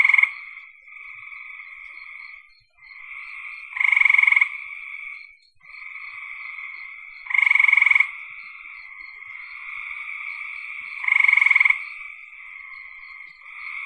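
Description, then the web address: Frog calls: continuous buzzy trills, with a louder pulsed rattle bursting out roughly every three to four seconds. "cn frogs"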